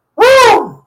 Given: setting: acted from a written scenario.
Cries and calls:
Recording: vocal sound without words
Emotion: triumph

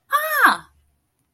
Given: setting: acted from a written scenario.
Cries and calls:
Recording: vocal sound without words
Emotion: elation

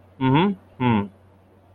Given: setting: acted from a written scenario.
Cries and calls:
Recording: vocal sound without words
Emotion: neutral

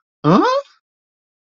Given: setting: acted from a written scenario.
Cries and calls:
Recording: vocal sound without words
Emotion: confusion

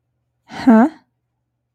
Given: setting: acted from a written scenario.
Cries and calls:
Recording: vocal sound without words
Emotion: confusion

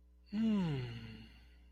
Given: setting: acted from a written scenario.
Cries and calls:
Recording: vocal sound without words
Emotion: desire

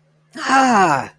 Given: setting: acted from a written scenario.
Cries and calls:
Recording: vocal sound without words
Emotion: pain

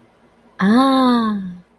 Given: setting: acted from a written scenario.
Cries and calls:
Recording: vocal sound without words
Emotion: awe

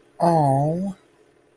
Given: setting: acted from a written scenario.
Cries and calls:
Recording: vocal sound without words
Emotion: sympathy

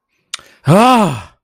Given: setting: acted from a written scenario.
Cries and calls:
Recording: vocal sound without words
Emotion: disappointment

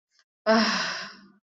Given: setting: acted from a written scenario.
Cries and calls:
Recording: vocal sound without words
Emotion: serenity

